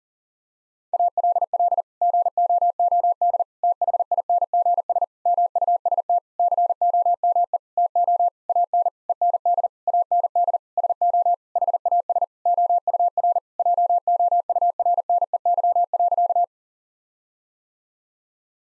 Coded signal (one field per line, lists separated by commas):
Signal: Morse code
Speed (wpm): 40 wpm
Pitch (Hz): 700 Hz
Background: none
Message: ALL GOOD THINGS MUST COME TO AN END AND SO HAS OUR JOURNEY.